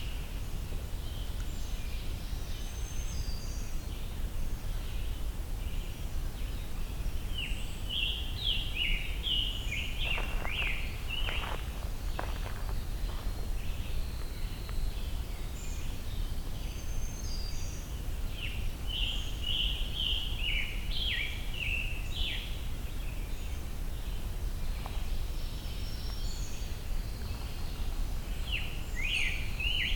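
Songbirds, including scarlet tanagers, sing in overlapping bright phrases throughout, with busier bursts of song around 8–12 and 18–23 seconds. A few sharp clicks or taps land near 10–12 seconds. Underneath runs a steady low rumble of background noise.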